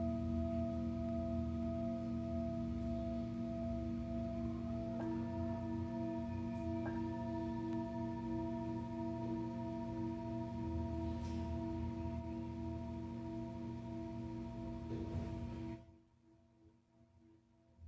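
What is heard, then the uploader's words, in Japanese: A singing bowl rings with a steady, sustained drone, several pure tones layered from a low hum up through bright upper overtones. Faint extra tones briefly enter around five and seven seconds. Near sixteen seconds the sound cuts off abruptly, leaving near silence. 春分 メキシコから シンギングボウルのサウンドヒーリング。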